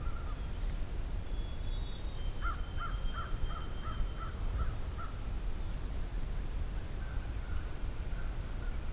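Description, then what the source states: American crow cawing, a run of several harsh, evenly spaced notes, while other birds give high trilling songs and thin whistles over a low steady rumble. Recorded on a morning hike in a nature preserve.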